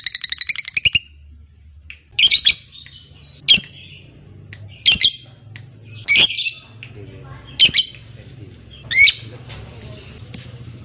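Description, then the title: Lovebird squawks, harsh high shrieks given singly at intervals, with quiet gaps between them. Fighter lovebird. "Suara Lovebird FIGHTER NGEKEK PANJANG"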